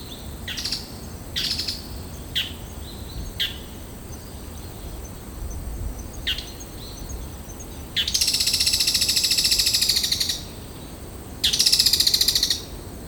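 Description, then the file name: Bull-headed shrike harsh calls: several brief rasping bursts over the first six or so seconds, then two longer, rapid grating rattles near the end. "mozu"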